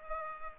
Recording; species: mosquito wingbeat signal from an infrared sensor; Culex pipiens